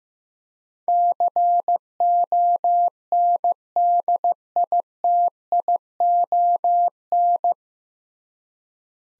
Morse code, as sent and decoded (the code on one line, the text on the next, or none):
-.-. --- -. -.. .. - .. --- -.
CONDITION